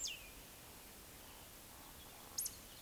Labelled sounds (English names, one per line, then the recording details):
Eurasian Woodcock whistle
Eurasian Woodcock croak
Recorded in Baden-Württemberg, Germany, on 20 May 2021 at 19:38 UTC
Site 24606, 635 m above sea level